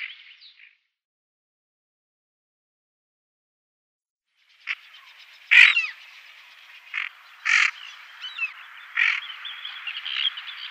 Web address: Schulze Peter Tufted Duck females